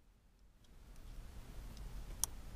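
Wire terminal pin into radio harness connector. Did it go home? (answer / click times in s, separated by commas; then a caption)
yes / 2.2 s. The white left-channel wire's terminal pin is slid into the radio harness connector during an AUX audio install on a BMW E60 5 Series. Soft handling noise builds with faint ticks at about 1.0 s and 1.8 s. A sharp, bright click at 2.2 s marks the pin seating and locking into the housing.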